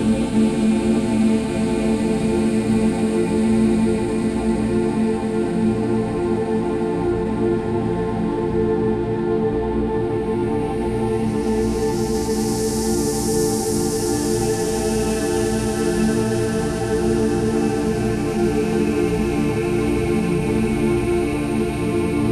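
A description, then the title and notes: A 40 Hz gamma binaural beat plays as a steady, unbroken drone of layered tones, weighted toward the low and middle range with a fluttering low pulse. Level stays constant throughout, and a soft high hiss rises in from about twelve seconds on. 40 Hz Gamma - Pure tone of Binaural Beat.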